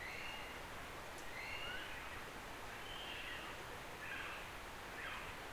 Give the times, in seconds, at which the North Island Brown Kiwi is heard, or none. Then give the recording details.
0.00-5.52. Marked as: faintness 2/5, faintness 3/5. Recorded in New Zealand on 16 November 2013. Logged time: 21:44. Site BS16